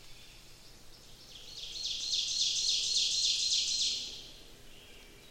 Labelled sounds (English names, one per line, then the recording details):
Ovenbird song
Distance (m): 35 m
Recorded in boreal forest in Alberta, Canada, on 28 May 2016 at 07:12
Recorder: SongMeter 3, array SBT-3-49
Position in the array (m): 68 m, 250 m
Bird 14